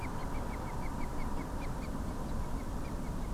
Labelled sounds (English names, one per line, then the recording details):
Common Moorhen
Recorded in France